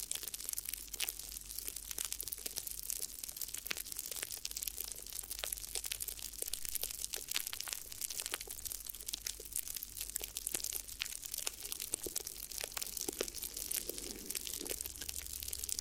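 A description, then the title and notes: Crinkly ear massage: dense, continuous crackling and crumpling with sharp, bright snaps packed closely throughout, no real pauses. A steady low hum sits underneath the whole time, and a brief smoother swish appears near the fourteen-second mark. ASMR Addictive Crinkly Ear Massage (No Talking).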